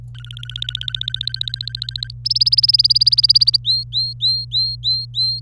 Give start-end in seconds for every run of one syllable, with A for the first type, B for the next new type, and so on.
0.15-2.11 A, 2.25-3.56 B, 3.64-5.40 C